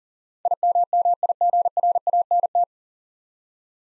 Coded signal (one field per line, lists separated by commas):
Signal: Morse code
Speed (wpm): 40 wpm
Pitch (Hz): 700 Hz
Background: none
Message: IMMIGRANT